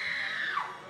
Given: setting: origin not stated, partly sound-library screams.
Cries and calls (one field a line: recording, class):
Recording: one-second piece from a danger detection set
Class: woman in danger